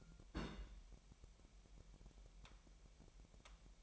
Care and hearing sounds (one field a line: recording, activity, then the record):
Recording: daily activity, microphone in the room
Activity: place on stove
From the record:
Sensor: 1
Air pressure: 1002.0 hPa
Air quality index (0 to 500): 245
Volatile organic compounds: 49 ppm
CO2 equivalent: 3279 ppm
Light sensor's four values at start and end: 5/12/5/6 and 5/12/5/6